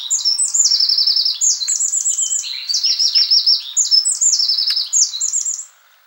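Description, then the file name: Eurasian wren singing a loud, rapid, unbroken stream of high metallic trills and sharp notes, buzzy rattling phrases tumbling up and down for nearly six seconds before stopping. "Troglodytes troglodytes"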